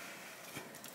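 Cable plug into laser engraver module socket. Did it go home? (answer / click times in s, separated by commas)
no / none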